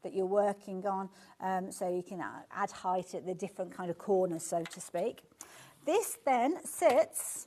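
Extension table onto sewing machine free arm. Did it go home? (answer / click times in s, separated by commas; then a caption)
no / none. A sewing machine's extension table is being handled, about to slide onto the free arm where the accessory box was. A woman talks throughout, and nothing has seated or clicked yet by the end of the clip.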